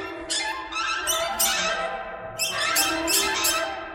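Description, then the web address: Birds calling in harsh squawks and squeaks, two clusters of sharp high notes separated by a short stretch of lower chatter. "soundfactory birds"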